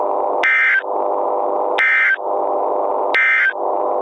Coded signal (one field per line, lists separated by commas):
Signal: Emergency Alert System (SAME) tones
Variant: end-of-message bursts